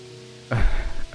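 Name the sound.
heavy rain pouring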